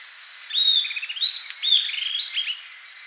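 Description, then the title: Southern antpipit calling: one two-second burst of sharp, arched whistles mixed with quick stuttering chirps, high-pitched, over quiet steady background hiss. "LuckyPassaro Completos2Sama. Southern Antpipit (Corythopis delalandi)"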